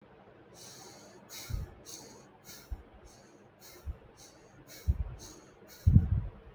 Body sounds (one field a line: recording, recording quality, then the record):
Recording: shallow breathing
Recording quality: excellent, no background noise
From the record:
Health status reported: healthy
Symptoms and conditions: none ticked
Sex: female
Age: 28 years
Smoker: yes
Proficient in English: yes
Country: India